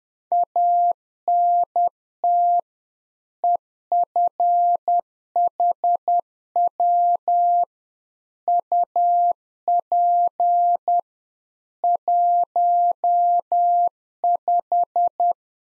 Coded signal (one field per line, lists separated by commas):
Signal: Morse code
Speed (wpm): 10 wpm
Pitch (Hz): 700 Hz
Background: none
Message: ANT EFHW UP 15